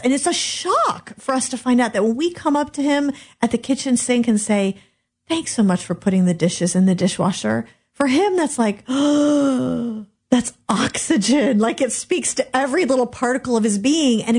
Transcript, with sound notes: It’s a shock for us to find out that if we come up to him at the kitchen sink and say, “Thanks so much for putting the dishes in the dishwasher,” for him, it’s like,. (breathing-in sound) It’s oxygen! It speaks to every little particle of his being.